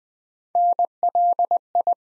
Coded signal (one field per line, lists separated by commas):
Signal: Morse code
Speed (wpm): 20 wpm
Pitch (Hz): 700 Hz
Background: none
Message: NLI